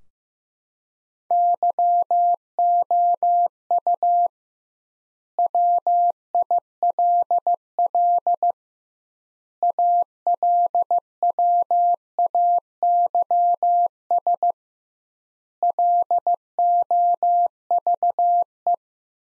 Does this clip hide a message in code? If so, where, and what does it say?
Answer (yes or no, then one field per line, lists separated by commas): yes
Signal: Morse code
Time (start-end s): 1.3-18.7 s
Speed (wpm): 15 wpm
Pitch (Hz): 700 Hz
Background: none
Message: YOU WILL ALWAYS LOVE